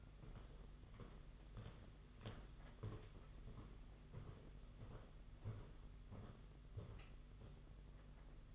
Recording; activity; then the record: daily activity, microphone in the room; walk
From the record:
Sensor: 4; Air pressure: 992.5 hPa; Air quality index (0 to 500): 136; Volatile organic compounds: 58 ppm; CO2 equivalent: 3389 ppm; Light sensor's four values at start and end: 20/72/26/27 and 20/71/26/27